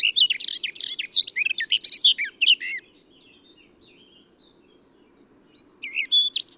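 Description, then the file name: Eurasian blackcap giving a quick, tumbling warble of chirps and whistles for under three seconds, a pause with faint soft notes, then a new phrase begins. "Sylvia atricapilla"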